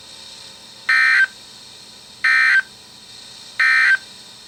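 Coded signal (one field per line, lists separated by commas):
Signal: Emergency Alert System (SAME) tones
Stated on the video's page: Severe thunderstorm and marine warning tones from weather radio station KHB36, received on an Oregon Scientific WR-3000 radio.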